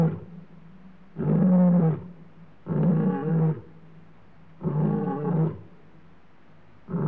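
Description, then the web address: Male lion roaring, a series of deep, drawn-out grunting roars. Male lion roaring, Africa; clean recording. "BBC Sound Effects Library BBC 30-Africa - Natural World 14 Lions, Male Lion Roaring, Clean"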